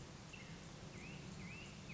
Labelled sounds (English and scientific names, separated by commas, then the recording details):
Black-headed Grosbeak (Pheucticus melanocephalus)
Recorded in Sonoma County, California